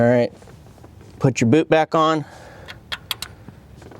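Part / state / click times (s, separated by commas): ignition coil boot onto spark plug / seated / 3.1 s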